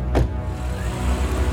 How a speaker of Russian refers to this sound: Он садится в машину за руль и уезжает.